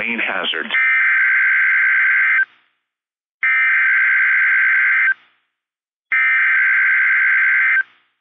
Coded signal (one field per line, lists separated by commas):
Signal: Emergency Alert System (SAME) tones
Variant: header bursts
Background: speech